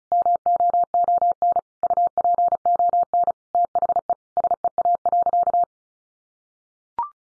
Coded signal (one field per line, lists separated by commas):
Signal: Morse code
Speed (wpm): 34 wpm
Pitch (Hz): 700 Hz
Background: none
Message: MOON UPON THE SEA.